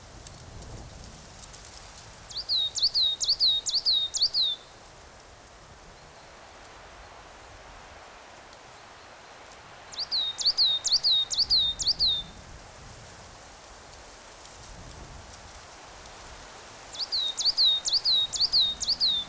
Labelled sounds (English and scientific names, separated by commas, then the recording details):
Coal Tit (Periparus ater) song
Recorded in the wild
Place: Oberstdorf, Bayern, DE
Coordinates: 47.3661, 10.3014
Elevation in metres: 922
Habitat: mountains
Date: 1985-04-05
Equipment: Uher 4000 Report
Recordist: Tretzel, Erwin